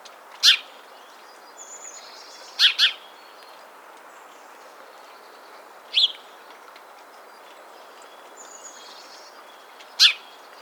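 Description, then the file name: House sparrow giving scattered harsh chirps, single and doubled, at uneven gaps throughout, with soft high whistling notes from other birds in the background. "Passer domesticus"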